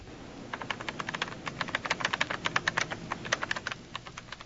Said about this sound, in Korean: 작가 고디 라천스는 컴퓨터 모니터를 들여다보면서 소설의 마지막 말을 생각하다가 읽고 키보드를 두드립니다.